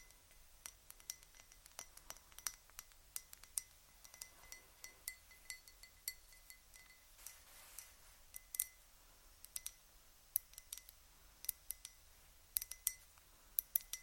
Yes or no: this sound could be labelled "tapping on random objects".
yes